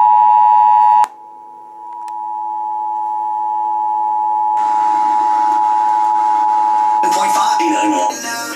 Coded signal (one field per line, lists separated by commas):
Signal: Emergency Alert System (SAME) tones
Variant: 853 and 960 Hz attention tone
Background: speech